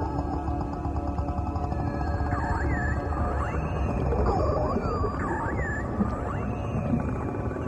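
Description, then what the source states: Dolphin whistles in a lively series of looping, up-and-down sweeps, several overlapping, set against sustained humming music chords. Dolphin sounds used in a meditation music track.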